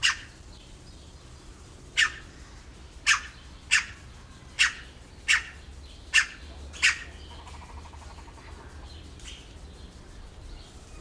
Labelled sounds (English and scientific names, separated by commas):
Red-rumped Cacique (Cacicus haemorrhous) call